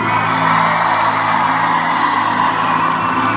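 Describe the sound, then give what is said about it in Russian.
An audience at a live show cheers and whoops loudly, with applause and shouting blending into a steady, dense roar that holds at an even level for the whole few seconds. “Дайте себе аплодисменты, друзья, потому что вы самые лучшие.”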